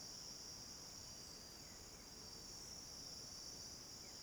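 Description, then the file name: Cricket chorus: a steady, continuous high-pitched buzzing trill filling the whole stretch, with hardly any other sound. Cricket chorus in the late afternoon. "Coro de grilos em fim de tarde com alguns passaros"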